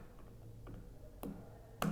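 A trim extension piece is pushed onto the cartridge stem of a Grohe SmartControl push-button shower valve, repeating the same snap-in step on the second trim piece. Faint taps at about 0.2, 0.7 and 1.2 s lead to a loud, sharp click at 1.8 s as the piece snaps into place and is seated.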